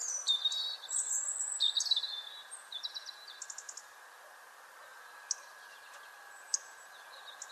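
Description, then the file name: European robin: songbird phrases of high thin whistles and short trills in the first half, then mostly hiss with a few sharp clicks. "Erithacus rubecula"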